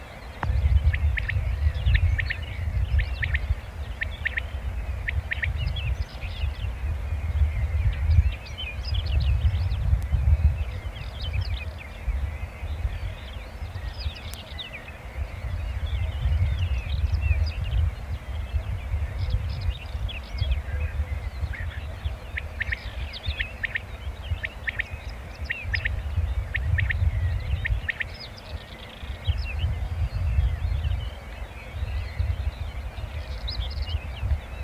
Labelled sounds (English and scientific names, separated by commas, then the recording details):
Common Quail (Coturnix coturnix)
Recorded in the wild
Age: adult
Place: Untertweng, AT
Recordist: Brunner, Thomas
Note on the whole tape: Aufnahme: Frühjahr 1964, Untertweng, Gegental, Kärnten